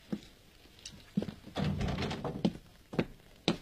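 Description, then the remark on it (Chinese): A door being opened for people outside demanding entry: a few sharp wooden thumps spaced irregularly, with a longer rattling, scraping stretch in the middle as it moves. No voices are heard. “开门，开门，开门， 开门， 把门打开，开门。”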